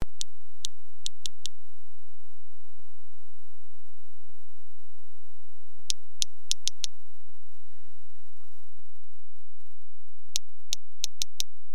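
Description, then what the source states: Whale clicks: sharp, loud clicks in bursts of several, with pauses between bursts and a faint steady tone underneath. Two whales exchanging sounds while shallow diving.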